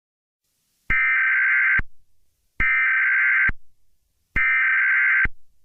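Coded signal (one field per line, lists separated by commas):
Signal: Emergency Alert System (SAME) tones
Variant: header bursts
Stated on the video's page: Simulated EAS alert tones for a fictional zombie outbreak scenario.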